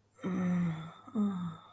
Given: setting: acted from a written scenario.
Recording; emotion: vocal sound without words; ecstasy